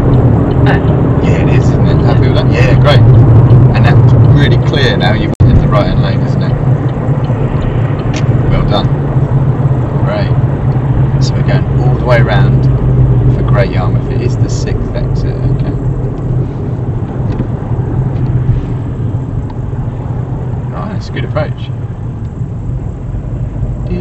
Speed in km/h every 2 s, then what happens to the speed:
71, 68, 68, 66, 63, 58, 47, 44, 34, 21, 19, 21.
0-18 slows to 21. 18-24 steady at about 21.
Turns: none.